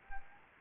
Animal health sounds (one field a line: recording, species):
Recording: mosquito wingbeat signal from an infrared sensor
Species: Anopheles gambiae